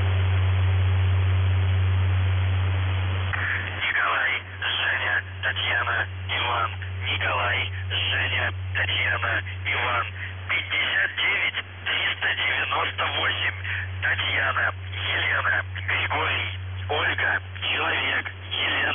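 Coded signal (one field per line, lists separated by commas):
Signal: numbers station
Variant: UVB-76, Russian voice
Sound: low steady buzzing hum, then a voice reading short words and numbers over hiss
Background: radio static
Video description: Callsign: NZhTI (НЖТИ) Message text: 59 398 TEGOChYeK (ТЕГОЧЕК) 93 76 56 93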